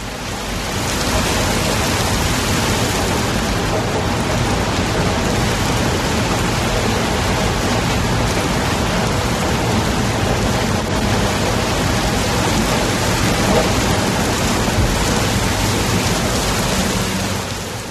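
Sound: rain falling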